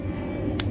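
The one-hand keyless chuck of a Hasston 21V cordless brushless impact drill is tightened by hand onto a drill bit over a steady low rumble. At 0.6 s the chuck's limiter gives a single sharp click, showing the bit is locked and seated.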